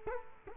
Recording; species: mosquito wingbeat signal from an infrared sensor; Culex quinquefasciatus